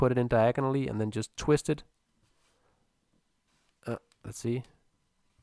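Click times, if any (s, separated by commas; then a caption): none. A 3D-printed plastic sensor holder is put diagonally into a medium-sized 3D-printed drum shell and twisted toward its snap-in position while someone talks. A short, faint tick is heard around 4.1 seconds between the words. The holder has not snapped into place yet.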